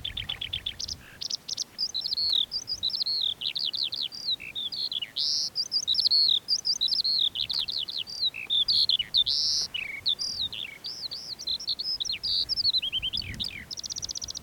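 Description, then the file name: Lark singing a dense, rapid warble of high chirps, trills and twittering slurs that runs almost without pause throughout. Perched on a post; recorded 19 June 2021 at 09:48. "2021-06-19-09 48 18-lark-on-post"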